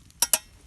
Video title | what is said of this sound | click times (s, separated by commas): Mess Kit Cooking in the Woods | they have a nice positive clicking bail handle so let's put that beer we're | 0.2 s, 0.3 s